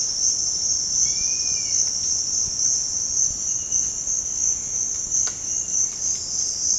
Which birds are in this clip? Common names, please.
Chestnut-capped Puffbird